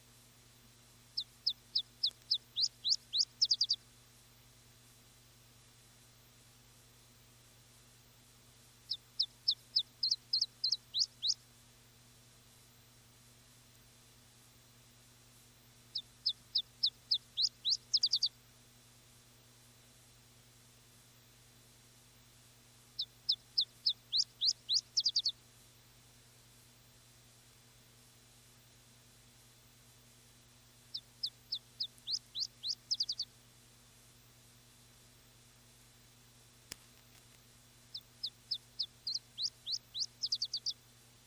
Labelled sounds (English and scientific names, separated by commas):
Iberian Chiffchaff (Phylloscopus ibericus) song